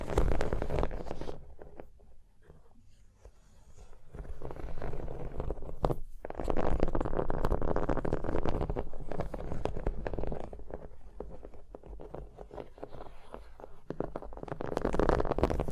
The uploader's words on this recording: ASMR Hypnotic Surface Tapping, Scratching, Tracing Sounds (No Talking).